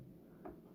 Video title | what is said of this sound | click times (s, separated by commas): How to upgrade your RAM | and lock it in okay so that's four gigs of ram installed and i'll do exactly the same process | 0.5 s